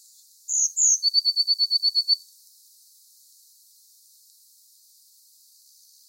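Eurasian blue tit calling: two thin, high, slurred notes followed by a quick, even trill of short notes, then quiet until a brief note at the very end.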